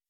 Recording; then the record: hydrophone in a shrimp aquaculture tank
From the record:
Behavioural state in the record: weakened